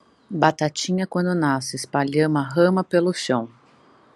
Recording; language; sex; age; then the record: short text; Brazilian Portuguese; female; 40 to 49 years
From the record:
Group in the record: control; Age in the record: 41 years